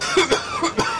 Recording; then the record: coughing mixed with background sound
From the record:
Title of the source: Dry Coughing Fit in the Afternoon.